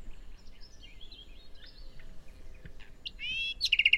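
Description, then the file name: Common nightingale song: soft, wandering warbled notes for about three seconds, ending in a sudden loud, rapid stuttering trill. "Luscinia megarhynchos"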